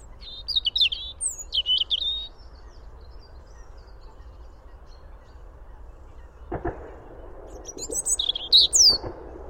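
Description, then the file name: European robin song in two bursts of high, sweet warbling phrases separated by a long pause, with a few sharp knocking clicks near the end. "Erithacus rubecula"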